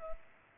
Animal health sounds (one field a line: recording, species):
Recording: mosquito wingbeat signal from an infrared sensor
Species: Culex pipiens